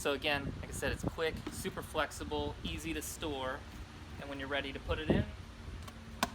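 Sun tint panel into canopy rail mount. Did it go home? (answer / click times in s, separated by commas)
yes / 6.2 s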